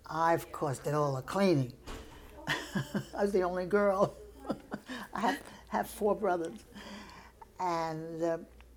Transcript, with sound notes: I, of course, did all the cleaning. [chuckles] I was the only girl. [laughs] I have four brothers. And